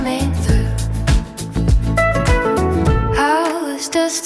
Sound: spoken, a little more rhythmic